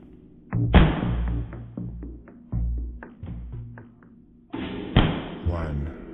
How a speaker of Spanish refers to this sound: Abre la puerta lentamente, al no escuchar respuesta.